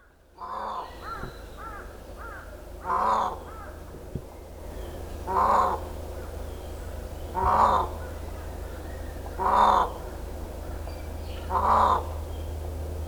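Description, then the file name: Indian peafowl calling repeatedly, loud harsh honks about every two seconds, with faint chirps of another bird early on and a constant low hum beneath. Recorded on Miyakojima, Japan, on 13 April 2017. "indokujaku 170413 miyakojima uemurashingo"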